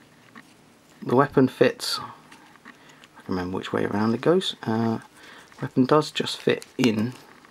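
A small plastic blade weapon is pushed into the hand or mount of a plastic robot action figure, with someone talking. Faint small clicks and handling sounds are heard between the speech. Nothing has seated or clicked yet; the weapon is not yet locked in place.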